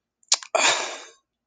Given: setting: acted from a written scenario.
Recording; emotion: vocal sound without words; anger